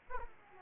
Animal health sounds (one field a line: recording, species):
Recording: mosquito wingbeat signal from an infrared sensor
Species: Aedes aegypti